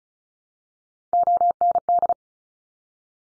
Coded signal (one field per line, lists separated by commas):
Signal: Morse code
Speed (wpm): 36 wpm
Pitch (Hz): 700 Hz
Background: none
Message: OND